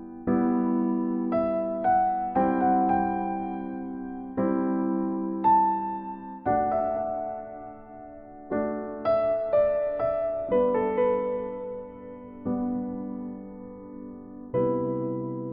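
Gentle piano plays unhurried chords and melody notes every second or two, each ringing out and fading, mid-range, with nothing behind it.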